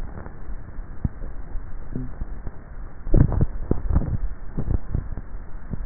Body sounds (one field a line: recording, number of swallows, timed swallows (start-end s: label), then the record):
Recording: swallowing sounds by neck microphone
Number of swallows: 1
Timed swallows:
3.22-4.25 s: swallow
From the record:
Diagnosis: dysphagia